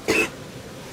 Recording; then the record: coughing mixed with background sound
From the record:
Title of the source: 61 morning phlegmy cough...again